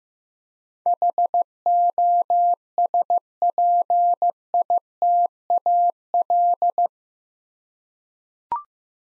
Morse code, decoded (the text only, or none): HOSPITAL